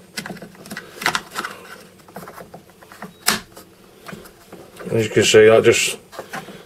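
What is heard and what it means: A plastic wheel cap with two holes is being pressed onto the wheel axle of a Nilfisk C110.7 pressure washer so the holes lock in. Someone talks while short handling knocks sound at about 0.2, 1.1 and 3.3 seconds, followed by louder rustling near the end. The cap has not clicked or seated yet.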